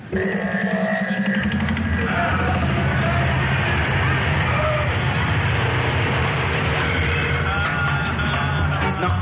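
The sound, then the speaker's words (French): A car speeds along the road with a loud, steady roar of engine and tyre noise; the engine pitch climbs at the start, then a dense rumble holds throughout. “Il y a une voiture qui arrive à toute bringue et ça a bien l'air d'être celle de l'homme qui riche.”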